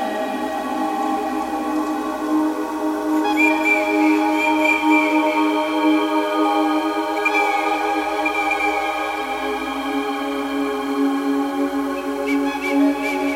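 A raven flute plays long, sustained, wavering tones that hold steady throughout, with a slight drop in pitch near the nine-second mark. Higher, bright whistle calls from the eagle clay whistle rise over it around three, seven and twelve seconds.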